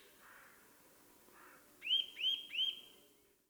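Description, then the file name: Eurasian nuthatch giving three loud rising whistled notes in quick succession. "Sitta europaea"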